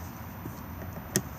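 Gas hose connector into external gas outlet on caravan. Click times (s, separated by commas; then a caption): 1.2 s. The end of a BBQ gas hose is pushed into the external gas point on a 2021 Benimer Tessoro T481 caravan. Over a low, steady background, a single sharp, bright click sounds at 1.2 s as the bayonet connector locks in place and is seated.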